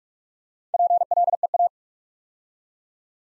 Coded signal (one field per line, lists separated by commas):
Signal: Morse code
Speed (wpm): 44 wpm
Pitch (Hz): 700 Hz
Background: none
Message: PLEA